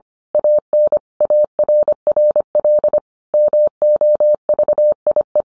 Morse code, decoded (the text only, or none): AN ARRL MOVIE